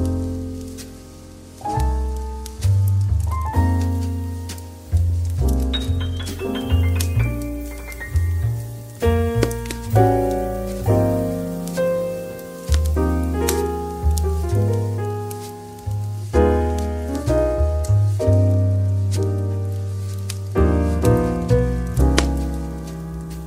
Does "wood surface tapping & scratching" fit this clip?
no